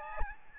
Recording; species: mosquito wingbeat signal from an infrared sensor; Aedes albopictus